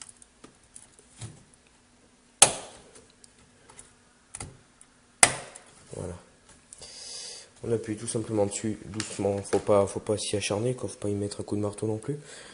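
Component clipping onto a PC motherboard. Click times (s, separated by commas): 2.4 s, 5.2 s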